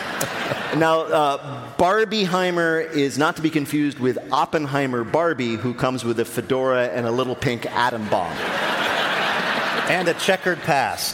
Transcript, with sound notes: Now, Barbieheimer is not to be confused with Oppenheimer Barbie, who comes with a fedora and a little pink atom bomb.
(LAUGHTER)
And a checkered past.